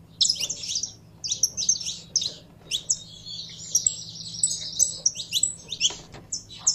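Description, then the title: Canary song with high chirps leading into a sustained warbling trill, then further sharp notes; a soft background hiss and low hum are present. Belgian canary, described as pure Belgian stock, singing. "Canto Do Canário Belga Puro"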